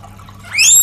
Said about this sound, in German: Huch! Wer pfeift denn hier so laut? Ach, das sind wohl die Meerschweinchen. Wenn sie Hunger haben, fangen sie an zu pfeifen.